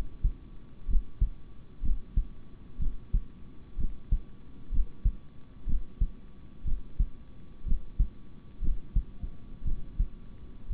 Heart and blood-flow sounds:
heart sounds by stethoscope; between the tricuspid and mitral areas; 61 bpm
0.87 s: heartbeat
1.82 s: heartbeat
2.78 s: heartbeat
3.77 s: heartbeat
4.71 s: heartbeat
5.66 s: heartbeat
6.64 s: heartbeat
7.65 s: heartbeat
8.61 s: heartbeat
9.64 s: heartbeat
10.69 s: heartbeat
From the record:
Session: rest, sitting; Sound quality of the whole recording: good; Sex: male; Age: 26 years

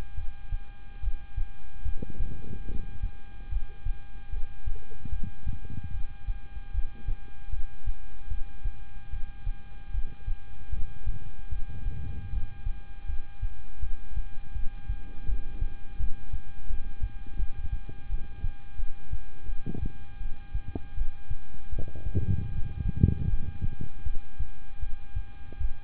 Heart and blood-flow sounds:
heart sounds by stethoscope; between the tricuspid and mitral areas; 78 bpm
0.15 s: heartbeat
1.00 s: heartbeat
1.82 s: heartbeat
2.66 s: heartbeat
3.49 s: heartbeat
4.30 s: heartbeat
5.09 s: heartbeat
5.91 s: heartbeat
6.71 s: heartbeat
7.50 s: heartbeat
8.28 s: heartbeat
9.10 s: heartbeat
9.91 s: heartbeat
10.70 s: heartbeat
11.49 s: heartbeat
12.30 s: heartbeat
13.06 s: heartbeat
13.80 s: heartbeat
14.53 s: heartbeat
15.25 s: heartbeat
15.97 s: heartbeat
16.67 s: heartbeat
17.36 s: heartbeat
18.08 s: heartbeat
18.77 s: heartbeat
19.46 s: heartbeat
20.19 s: heartbeat
20.95 s: heartbeat
21.70 s: heartbeat
22.49 s: heartbeat
23.27 s: heartbeat
24.03 s: heartbeat
24.80 s: heartbeat
25.58 s: heartbeat
From the record:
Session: rest, lying down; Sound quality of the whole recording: good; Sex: male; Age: 26 years

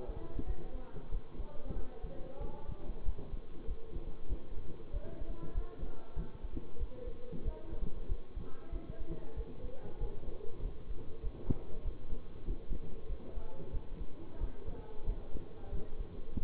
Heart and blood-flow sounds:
heart sounds by stethoscope; between the tricuspid and mitral areas; 94 bpm
0.44 s: heartbeat
1.09 s: heartbeat
1.73 s: heartbeat
2.38 s: heartbeat
3.03 s: heartbeat
3.65 s: heartbeat
4.27 s: heartbeat
4.90 s: heartbeat
5.52 s: heartbeat
6.13 s: heartbeat
6.77 s: heartbeat
7.42 s: heartbeat
8.06 s: heartbeat
8.69 s: heartbeat
9.34 s: heartbeat
9.97 s: heartbeat
10.59 s: heartbeat
11.20 s: heartbeat
11.82 s: heartbeat
12.44 s: heartbeat
13.06 s: heartbeat
13.70 s: heartbeat
14.38 s: heartbeat
15.04 s: heartbeat
15.69 s: heartbeat
16.38 s: heartbeat
From the record:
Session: bicycle stress test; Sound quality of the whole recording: good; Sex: male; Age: 24 years

